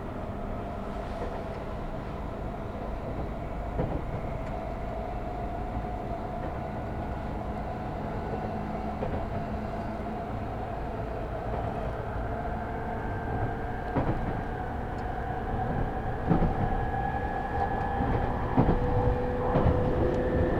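A Tokyo Metro train runs between stations with a steady, dense low rumble of wheels on track. Whining tones slowly rise in pitch as it speeds up, with occasional clicks and bumps from the rails, and the sound grows slightly louder toward the end.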